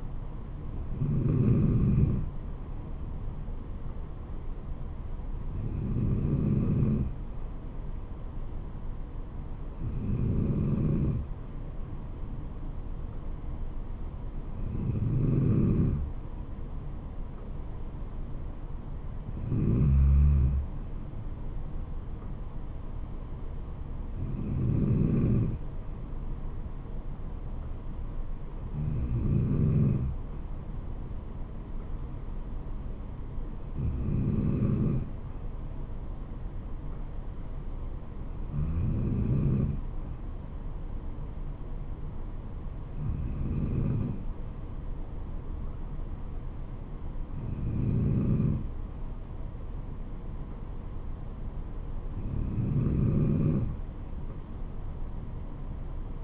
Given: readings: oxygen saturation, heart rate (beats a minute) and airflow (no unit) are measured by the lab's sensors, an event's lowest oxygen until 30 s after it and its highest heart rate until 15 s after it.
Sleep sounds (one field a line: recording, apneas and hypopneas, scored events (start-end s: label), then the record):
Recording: breathing in sleep by a smartphone at the bedside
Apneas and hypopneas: none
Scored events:
24.00-56.24 s: new sleep stage, N2 (light sleep)
From the record:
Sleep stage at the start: N3 (deep sleep)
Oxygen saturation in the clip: 93 to 94%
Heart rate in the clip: 66 to 74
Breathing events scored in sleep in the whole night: 426 in 7.4 hours asleep